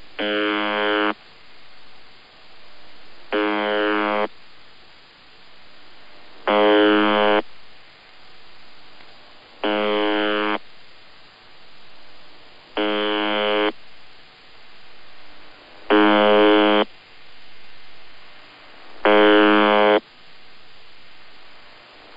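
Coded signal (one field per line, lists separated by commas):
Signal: channel marker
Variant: UVB-76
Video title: UVB-76 21/12/2023 Normal Channel Marker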